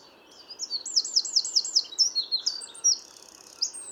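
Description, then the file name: Eurasian wren delivering a loud rattling trill of high notes, followed by twittering phrases and a final sharp note, against faint background hiss. "Troglodytes troglodytes"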